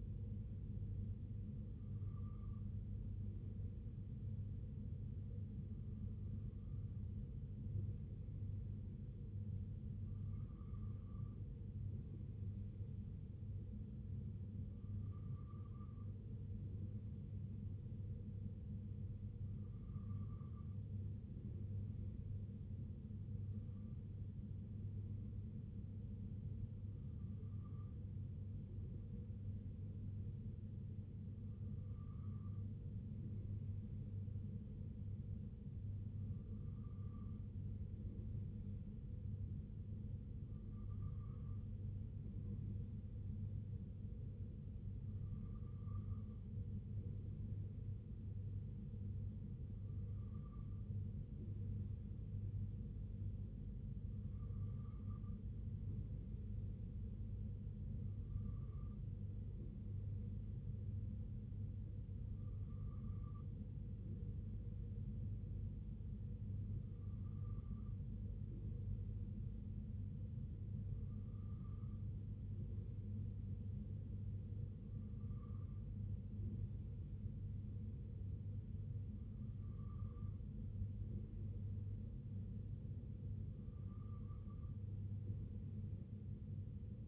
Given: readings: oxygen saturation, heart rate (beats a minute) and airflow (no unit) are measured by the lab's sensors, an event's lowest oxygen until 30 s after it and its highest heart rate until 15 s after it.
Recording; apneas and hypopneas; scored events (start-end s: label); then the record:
breathing in sleep by a smartphone at the bedside; none
18.00-87.08 s: new sleep stage, N2 (light sleep)
From the record:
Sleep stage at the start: N3 (deep sleep); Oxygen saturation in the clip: 94 to 95%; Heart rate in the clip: 62 to 67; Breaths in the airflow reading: 20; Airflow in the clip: -3.0 to 2.0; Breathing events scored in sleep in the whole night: 258 in 7.4 hours asleep